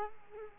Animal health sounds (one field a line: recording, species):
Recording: mosquito wingbeat signal from an infrared sensor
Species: Culex quinquefasciatus